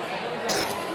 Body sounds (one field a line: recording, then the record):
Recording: coughing mixed with background sound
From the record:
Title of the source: 31 night wet cough